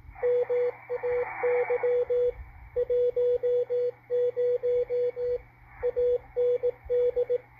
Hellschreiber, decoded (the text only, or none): none